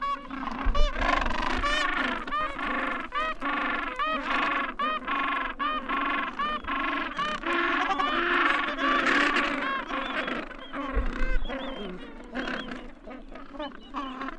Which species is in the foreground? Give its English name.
Gentoo Penguin